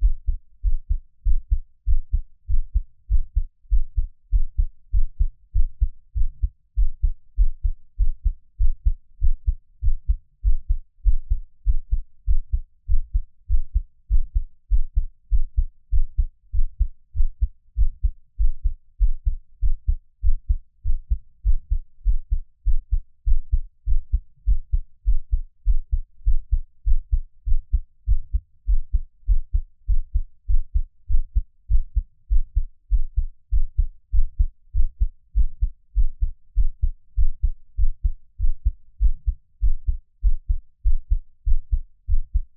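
A heartbeat thumps steadily, each beat a soft, very low double thud repeating at an even pace of a little over one per second. The rhythm stays constant for the whole stretch, with silence between beats and nothing else heard.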